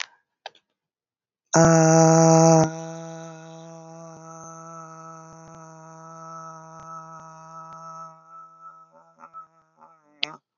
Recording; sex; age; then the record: vowel held as long as possible; female; 50 to 59 years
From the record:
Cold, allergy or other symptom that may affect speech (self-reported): no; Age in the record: 53 years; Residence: Arizona, United States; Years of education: 12